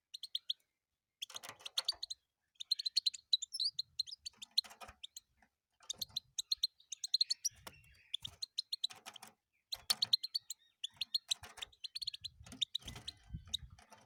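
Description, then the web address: European goldfinch song, long lively sequences of jangling twitters and trills in repeated bursts, with faint low noise in places. "penie schegla"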